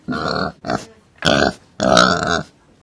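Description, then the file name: Pig grunting: four harsh bursts within three seconds, the last the longest. "猪-动物叫声"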